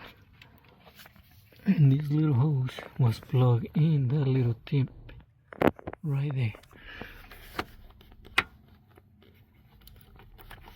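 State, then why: Seated. On a 2022–2025 Toyota Tundra V6 hybrid engine during a spark plug replacement, a small hose connector is pushed back onto its little tip fitting while someone talks. Light handling noises follow the speech, then a loud, sharp click at 8.4 s marks the hose seating on the tip.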